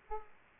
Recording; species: mosquito wingbeat signal from an infrared sensor; Aedes aegypti